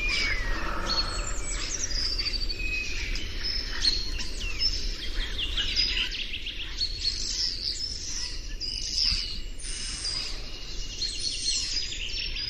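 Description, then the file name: Common starling song, a rambling run of whistles, clicks, rattles and squeaky notes, some sliding up and down, delivered almost without pause over low background rumble. "Etourneau"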